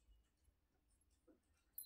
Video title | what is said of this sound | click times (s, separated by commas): SMC 896 - South Screw Jumkhas - Gold Replica - 7013932993 - Giveaway - Sankranti Offers | lock అవుతుంది so | 1.8 s